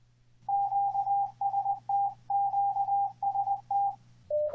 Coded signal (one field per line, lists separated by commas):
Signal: Morse code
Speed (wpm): 20 wpm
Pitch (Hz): 800 Hz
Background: none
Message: QST QST